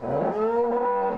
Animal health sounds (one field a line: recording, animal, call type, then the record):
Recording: contact call of a hoofed animal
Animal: cattle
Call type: low-frequency (closed-mouth) or high-frequency (open-mouth) call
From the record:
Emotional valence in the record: negative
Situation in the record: full separation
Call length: 1.18 s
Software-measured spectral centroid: 840 Hz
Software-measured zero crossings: 1220 a second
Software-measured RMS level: -24 dBFS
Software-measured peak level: -14 dBFS